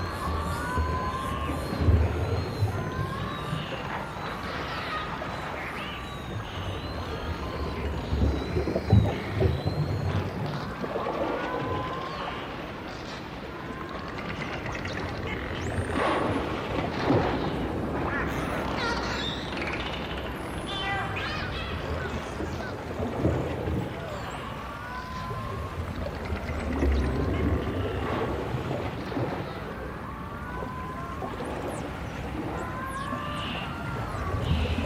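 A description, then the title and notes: Underwater whistles and calls of dolphins and whales rise and fall in curving tones throughout, often several overlapping. Beneath them runs a dense, low rumbling wash, like a passing vessel, with occasional louder bursts of clicks and thuds around ten and twenty seconds. Dolphins & Whales sounds.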